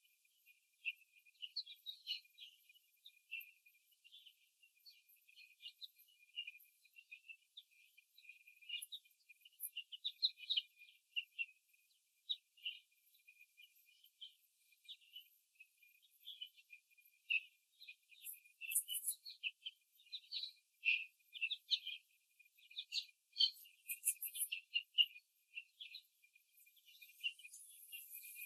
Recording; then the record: young laying hens in a cage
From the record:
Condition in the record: after the stressor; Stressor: simulated dog barking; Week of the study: 3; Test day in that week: 1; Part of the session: 2